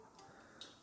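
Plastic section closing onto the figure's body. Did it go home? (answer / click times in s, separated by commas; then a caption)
yes / 0.6 s. A plastic section of a transforming figure, Studio Series '86 Springer, is closed up and brought up against the figure's body. A faint handling rustle runs through the clip, with a brief softer tick near 0.2 s, then a sharp snap at 0.6 s as the section snaps into place.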